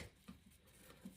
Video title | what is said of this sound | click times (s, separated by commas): BXUXOHS Rugged Nylon Band For the Google Pixel Watch Unboxing & First Impressions | And you're just going to click it into place. Y'all heard it click. | 0.3 s